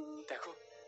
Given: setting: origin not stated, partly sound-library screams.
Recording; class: one-second piece from a danger detection set; woman in danger